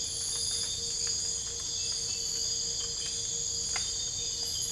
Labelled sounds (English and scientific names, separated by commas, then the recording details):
none
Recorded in dense forest near Puerto Asís, Putumayo, Colombia, on 22 December 2024 at 02:00
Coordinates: 0.484, -76.325
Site G056